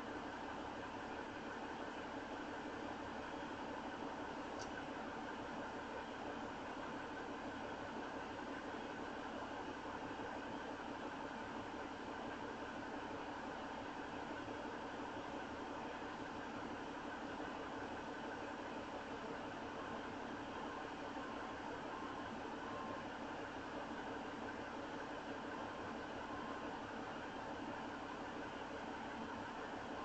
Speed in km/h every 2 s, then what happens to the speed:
0, 0, 0, 0, 0, 0, 0, 0, 0, 0, 0, 0, 0, 0, 0.
0-30 standing.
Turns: none.